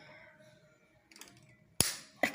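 A component of an Emel direct-drive industrial sewing machine is pushed upward during threading until it locks in place. A few faint taps are followed by a sharp, loud click at 1.8 s, and a second, quieter sharp snap comes just after. The part is seated and properly fixed.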